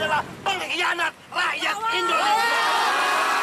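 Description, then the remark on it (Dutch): A crowd of demonstrators in Indonesia shouting together against Prabowo, calling him a traitor to Indonesians, in loud, overlapping bursts, the voices rising into a sustained, dense roar of chanting and yelling toward the end. “Hij is een verrader van de Indonesiërs, roepen de demonstranten hier.”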